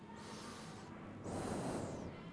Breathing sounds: one breath in and out by a microphone near the nose and mouth; normal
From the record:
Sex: male

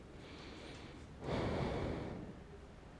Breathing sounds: one breath in and out by a microphone near the nose and mouth; normal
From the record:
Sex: male

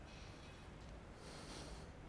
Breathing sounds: one breath in and out by a microphone near the nose and mouth; deep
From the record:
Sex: male

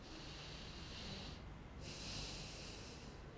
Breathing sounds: one breath in and out by a microphone near the nose and mouth; deep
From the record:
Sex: male

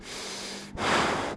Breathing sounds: one breath in and out by a microphone near the nose and mouth; strong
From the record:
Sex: male

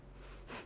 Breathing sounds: one breath in and out by a microphone near the nose and mouth; strong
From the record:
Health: marked as sick, illness not named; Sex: female

